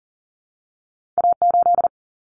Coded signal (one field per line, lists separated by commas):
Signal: Morse code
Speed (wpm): 40 wpm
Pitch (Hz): 700 Hz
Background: none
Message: A8